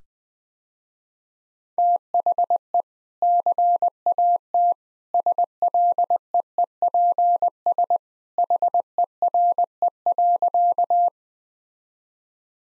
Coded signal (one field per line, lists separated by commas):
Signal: Morse code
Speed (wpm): 20 wpm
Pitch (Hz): 700 Hz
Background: none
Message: THE CAT SLEEPS HERE.